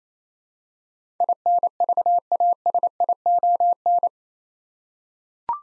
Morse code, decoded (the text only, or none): INVASION